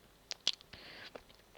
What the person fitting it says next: it all just clicks into place nice